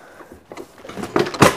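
An Alvema Pixi special needs stroller, folded and lying on its back, has its metal frame lifted to unfold it, producing soft rustling and rattling handling sounds that build into sharper knocks toward the end. The frame fold lock has not clicked into place yet; the clip ends before it engages.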